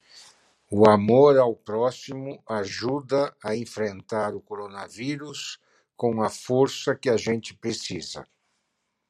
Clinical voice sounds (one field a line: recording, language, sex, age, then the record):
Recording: spoken sentence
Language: Brazilian Portuguese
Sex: male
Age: 70 to 79 years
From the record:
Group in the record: control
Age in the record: 70 years